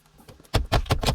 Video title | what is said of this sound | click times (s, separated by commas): BMW VIBE OPTISOUND Speakers Upgrade Install Guide - BMW E92 | you'll be able to feel them snap into place and once all that's done | 0.5 s, 0.7 s, 0.9 s